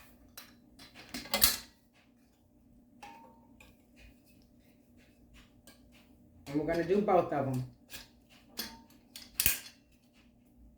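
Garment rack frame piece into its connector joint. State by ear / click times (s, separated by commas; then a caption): seated / 9.4 s. A frame piece of a Simple Houseware garment rack with shoe holder, bought from Walmart, is pushed into its connector joint on the second side of the rack, with scattered clinks and rattles of the parts while someone talks. The joint snaps together with a sharp click at 9.4 s and is seated.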